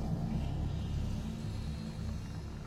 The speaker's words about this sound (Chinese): 载着他们的卡车压上了石头，往前纵跳了一跳。